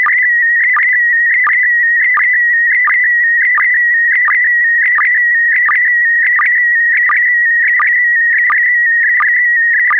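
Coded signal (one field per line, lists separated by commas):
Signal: SSTV (slow-scan television)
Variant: PD90 mode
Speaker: Verder is er morsen en een SSTV-plaatje in PD90. Het laatste is een foto die ik kort voor de uitzending speciaal hiervoor gemaakt heb.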